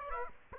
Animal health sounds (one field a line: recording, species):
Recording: mosquito wingbeat signal from an infrared sensor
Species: Aedes aegypti